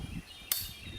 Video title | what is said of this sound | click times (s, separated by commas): Trimline Canopy Setup Demonstration | until you hear a click | 0.5 s